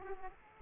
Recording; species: mosquito wingbeat signal from an infrared sensor; Aedes aegypti